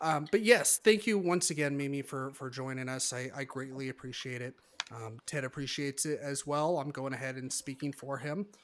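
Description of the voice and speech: An adult man speaks fluently and clearly at an ordinary rate and pitch, thanking a guest; no speech disorder.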